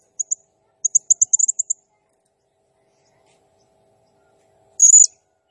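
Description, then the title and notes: Blue-crowned hanging parrot uttering a rapid run of sharp high chirps, then a pause and one drawn-out shrill buzzy note near the end. Used as a masteran lure and training sound to make other birds sing; described as a lively, vocal (gacor) calling bird. "Burung Serindit Nembak Gacor Bikin Emosi Semua Burung. Suara Nasteran Dan Pemikat Burung Serinditan Gacor"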